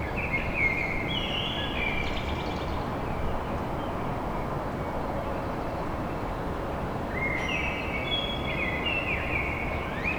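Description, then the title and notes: Common blackbird song: two fluted phrases, one early and one late, separated by a long pause, over steady low background noise. Recorded at dawn in Paris. "Blackbird Poetry At Paris On. Enregistrement d'un chant de merle à l'aube dans Paris"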